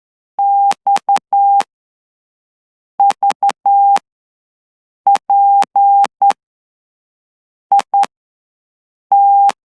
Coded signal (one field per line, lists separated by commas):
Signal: Morse code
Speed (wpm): 10 wpm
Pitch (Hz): 800 Hz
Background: none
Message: XVPIT